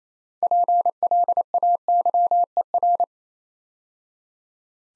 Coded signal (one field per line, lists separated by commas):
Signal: Morse code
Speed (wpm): 29 wpm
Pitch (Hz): 700 Hz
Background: none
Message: PLAYER